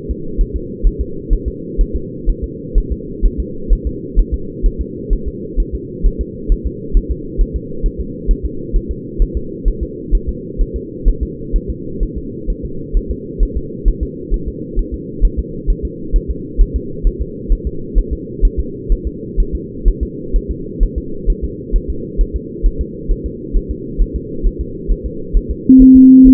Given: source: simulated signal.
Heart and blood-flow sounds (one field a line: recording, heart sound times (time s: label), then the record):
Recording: fetal heart sounds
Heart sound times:
0.11 s: S2
0.41 s: S1
0.56 s: S2
0.87 s: S1
1.01 s: S2
1.33 s: S1
1.48 s: S2
1.81 s: S1
1.96 s: S2
2.30 s: S1
2.44 s: S2
2.78 s: S1
2.92 s: S2
3.26 s: S1
3.40 s: S2
3.73 s: S1
3.87 s: S2
4.19 s: S1
4.34 s: S2
4.66 s: S1
4.81 s: S2
5.13 s: S1
5.28 s: S2
5.60 s: S1
5.75 s: S2
6.06 s: S1
6.21 s: S2
6.52 s: S1
6.67 s: S2
6.97 s: S1
7.11 s: S2
7.41 s: S1
7.56 s: S2
7.86 s: S1
8.01 s: S2
8.31 s: S1
8.45 s: S2
8.76 s: S1
8.91 s: S2
9.22 s: S1
9.37 s: S2
9.68 s: S1
9.83 s: S2
10.15 s: S1
10.29 s: S2
10.61 s: S1
10.76 s: S2
11.09 s: S1
11.23 s: S2
11.56 s: S1
11.70 s: S2
12.03 s: S1
12.18 s: S2
12.50 s: S1
12.65 s: S2
12.97 s: S1
13.11 s: S2
13.43 s: S1
13.57 s: S2
13.88 s: S1
14.03 s: S2
14.34 s: S1
14.48 s: S2
14.79 s: S1
14.94 s: S2
15.25 s: S1
15.39 s: S2
15.70 s: S1
15.85 s: S2
16.16 s: S1
16.31 s: S2
16.62 s: S1
16.76 s: S2
17.07 s: S1
17.22 s: S2
17.53 s: S1
17.67 s: S2
17.98 s: S1
18.13 s: S2
18.45 s: S1
18.60 s: S2
18.92 s: S1
19.07 s: S2
19.40 s: S1
19.55 s: S2
19.88 s: S1
20.03 s: S2
20.36 s: S1
20.51 s: S2
20.83 s: S1
20.98 s: S2
21.30 s: S1
21.44 s: S2
21.76 s: S1
21.90 s: S2
22.21 s: S1
22.36 s: S2
22.66 s: S1
22.81 s: S2
23.12 s: S1
23.26 s: S2
23.56 s: S1
23.71 s: S2
24.02 s: S1
24.16 s: S2
24.47 s: S1
24.61 s: S2
24.92 s: S1
25.06 s: S2
25.37 s: S1
25.51 s: S2
25.82 s: S1
25.97 s: S2
26.28 s: S1
From the record:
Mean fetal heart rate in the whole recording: 130 bpm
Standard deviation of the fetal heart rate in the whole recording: 4 bpm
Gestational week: 38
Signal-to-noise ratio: -4.3 dB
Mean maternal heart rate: 72 bpm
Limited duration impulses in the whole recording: present